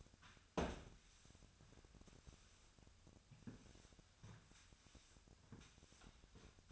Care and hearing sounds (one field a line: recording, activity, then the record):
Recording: daily activity, microphone in the room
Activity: sweep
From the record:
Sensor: 2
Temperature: 25.5 degrees Celsius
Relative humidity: 38.8%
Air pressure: 1006.8 hPa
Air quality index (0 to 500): 198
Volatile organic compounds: 13 ppm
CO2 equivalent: 2426 ppm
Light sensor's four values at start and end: 9/21/9/9 and 9/21/9/9